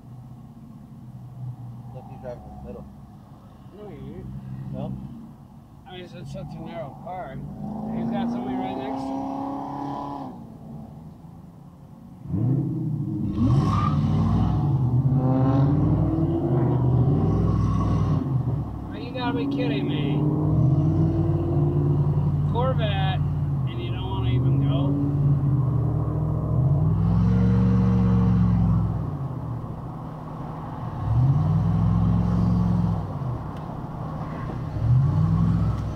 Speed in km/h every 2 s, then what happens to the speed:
0, 0, 0, 0, 0, 0, 6, 29, 42, 39, 44, 52, 56, 63, 71, 69, 72, 76.
0-11 standing. 11-16 pulls away to 42. 19-36 speeds up to 76.